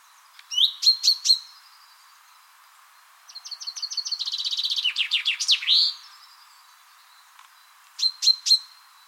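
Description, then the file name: Common chaffinch song: a fast, descending rattling trill ending in a brief flourish, set between short bursts of several sharp, high chipping notes. "Fringilla coelebs"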